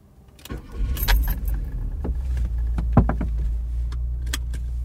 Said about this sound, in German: Am nächsten Morgen sitze ich mit Dick Ryan im Auto.